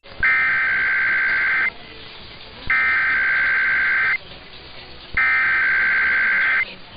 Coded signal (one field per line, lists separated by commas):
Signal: Emergency Alert System (SAME) tones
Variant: header bursts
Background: speech